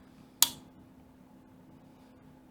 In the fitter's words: there we go though we are snapped in place